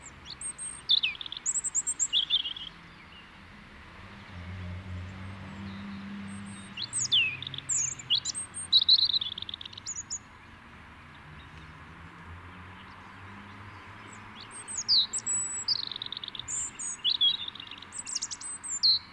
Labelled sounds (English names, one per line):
European Robin song